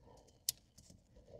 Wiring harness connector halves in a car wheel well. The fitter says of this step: you'll hear that snap